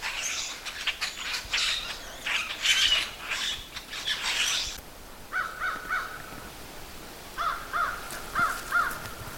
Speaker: you can hear the crows. They're not too far away.